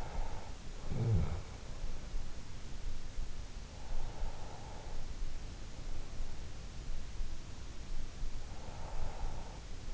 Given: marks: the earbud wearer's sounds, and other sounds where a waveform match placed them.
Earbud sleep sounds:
sounds in sleep by an in-ear microphone; breath
0.00-2.34 s: breath

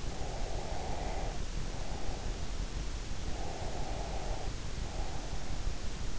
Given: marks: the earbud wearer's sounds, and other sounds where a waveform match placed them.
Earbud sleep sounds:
sounds in sleep by an in-ear microphone; breath
0.16-2.44 s: breath
3.33-5.41 s: breath

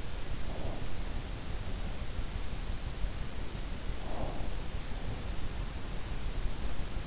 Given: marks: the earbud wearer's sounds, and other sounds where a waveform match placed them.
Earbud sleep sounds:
sounds in sleep by an in-ear microphone; breath
0.54-0.93 s: breath
4.06-4.68 s: breath

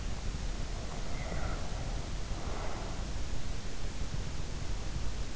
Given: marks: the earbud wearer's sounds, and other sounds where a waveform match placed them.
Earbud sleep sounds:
sounds in sleep by an in-ear microphone; breath
0.75-3.18 s: breath

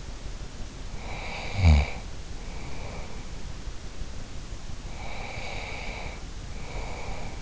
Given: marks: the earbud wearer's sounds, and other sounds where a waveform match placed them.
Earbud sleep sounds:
sounds in sleep by an in-ear microphone; snoring breath, breath
0.88-3.24 s: snoring breath
4.86-7.42 s: breath

